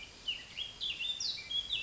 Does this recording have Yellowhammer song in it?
no